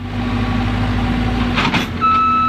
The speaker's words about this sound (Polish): Jednak sambę w tym kraju zagłuszają ostatnio piły mechaniczne i buldożery, o czym informuje BBC.